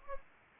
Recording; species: mosquito wingbeat signal from an infrared sensor; Anopheles arabiensis